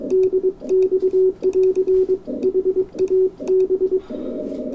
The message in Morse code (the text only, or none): DX<AR> HA B